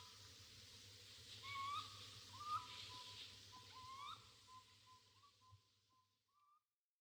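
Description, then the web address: Common raccoon giving thin, rising whistled chirps, several in a loose series over a low steady hum, fading out near the end. Recorded in a wetland area at Sissonne, France. "Sissonne Raton-laveur zone-humide"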